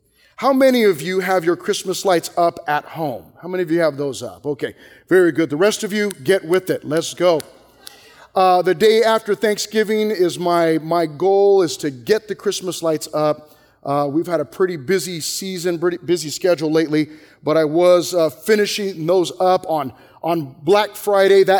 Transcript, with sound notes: How many of you have your Christmas lights up at home? How many of you have those up? Okay, very good. The rest of you, get with it. Let’s go. (snapping fingers) The day after Thanksgiving my goal is to get the Christmas lights up. We’ve had a pretty busy season, a busy schedule lately, but I was finishing those up on Black Friday.